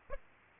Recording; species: mosquito wingbeat signal from an infrared sensor; Aedes aegypti